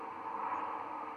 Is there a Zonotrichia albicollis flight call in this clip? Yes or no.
no